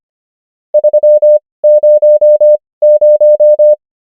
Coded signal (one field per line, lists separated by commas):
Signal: Morse code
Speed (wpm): 25 wpm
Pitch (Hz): 600 Hz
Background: none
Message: 3 0 0